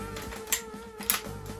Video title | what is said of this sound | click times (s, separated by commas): Fancy Gun Spinning Tricks : How to Spin Cock Your Lever Action Rifle - Part 1 (Winchester m1894) | There you go. You heard it click, so it's ready to rock and roll, and it's ready to fire. | 1.1 s